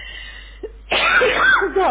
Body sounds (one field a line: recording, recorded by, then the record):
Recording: voluntary cough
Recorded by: telephone call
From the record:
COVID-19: positive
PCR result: checked with the laboratory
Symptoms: yes